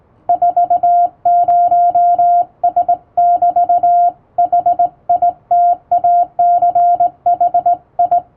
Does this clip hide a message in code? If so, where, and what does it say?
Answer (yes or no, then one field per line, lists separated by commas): yes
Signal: Morse code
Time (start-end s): 0.3-8.2 s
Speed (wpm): 20 wpm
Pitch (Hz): 700 Hz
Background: music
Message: 40S<BT>HITACHI